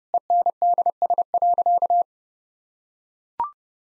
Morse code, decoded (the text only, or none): ENDS.